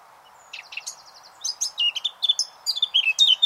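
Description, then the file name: Eurasian blackcap song: short rapid twitter followed by a loud fluting phrase of clear slurred whistles. "Sylvia atricapilla"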